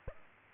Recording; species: mosquito wingbeat signal from an infrared sensor; Aedes aegypti